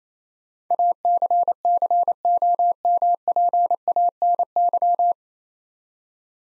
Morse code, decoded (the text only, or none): ACCOMPANY